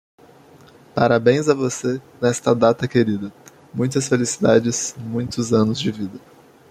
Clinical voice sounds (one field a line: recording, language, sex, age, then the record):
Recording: short text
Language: Brazilian Portuguese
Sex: male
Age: 18 to 19 years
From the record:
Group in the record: control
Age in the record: 19 years